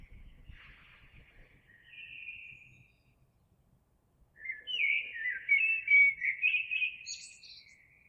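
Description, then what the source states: Eurasian blackbird song: a soft fluted opening, a pause, then a loud rich warbling phrase ending in high squeaky twitters. Recorded 26 April 2022.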